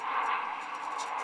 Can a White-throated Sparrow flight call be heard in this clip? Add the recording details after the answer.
no. No flight call is heard. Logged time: 23:58 on 12 December 2014